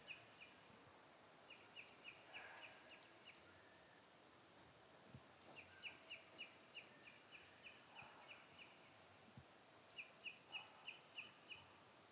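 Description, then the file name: Eurasian blackbird calls: bursts of sharp, clicking high ticks, about three a second, in runs of varying length separated by pauses, over a steady faint hiss. "Turdus merula"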